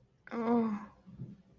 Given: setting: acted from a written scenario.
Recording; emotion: vocal sound without words; fear